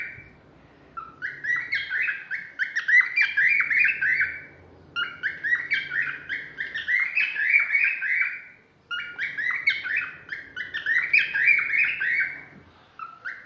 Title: Poksay Jambul Sumatra Suara Keras Juara Nasional